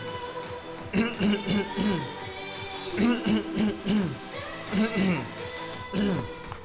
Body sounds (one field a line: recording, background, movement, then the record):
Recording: throat clearing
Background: music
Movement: sitting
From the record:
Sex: male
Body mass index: 20.6 kg/m2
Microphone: on the chest, facing outward